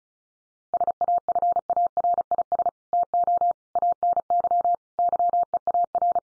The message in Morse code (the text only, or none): SAFARIS TO ANY YEAR